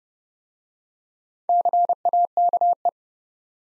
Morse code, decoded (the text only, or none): CAKE